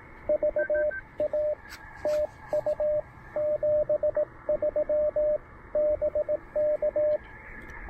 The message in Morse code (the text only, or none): VA TU 73 BK